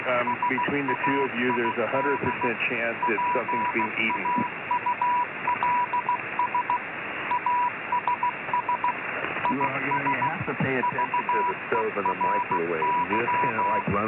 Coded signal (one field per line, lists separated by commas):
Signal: Morse code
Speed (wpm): 16 wpm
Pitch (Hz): 980 Hz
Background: speech, radio noise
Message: SAID PAULS ASS IS VERY